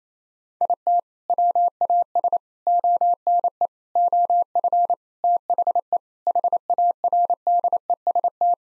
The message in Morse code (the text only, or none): IT WAS ONE OF THE HARDEST